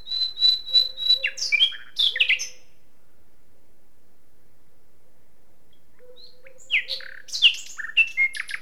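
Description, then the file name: Common nightingale song: a run of repeated pure whistled notes and varied chirps, a silent gap, then a second jumbled phrase of sharp notes. "Luscinia megarhynchos"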